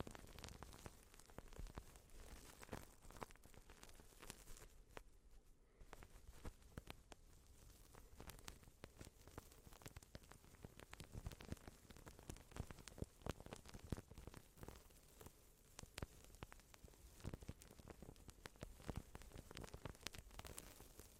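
Soft crinkling of plastic wrap runs through the whole clip, a dense patter of tiny crackles and sharper snaps that comes and goes irregularly. There is a brief quieter dip around five seconds, then the rustling resumes, busy and fairly bright throughout.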